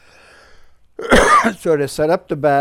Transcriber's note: he coughs